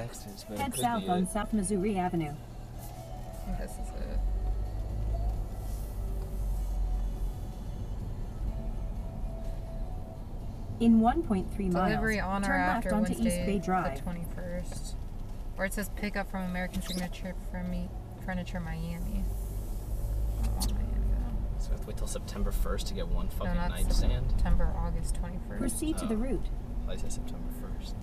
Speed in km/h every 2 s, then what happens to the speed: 0, 0, 11, 18, 18, 18, 13, 6, 6, 10, 18, 18, 15, 13.
0-2 standing. 2-6 pulls away to 18. 6-11 steady at about 18. 11-14 brakes to 6. 17-20 speeds up to 18.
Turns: 15-19.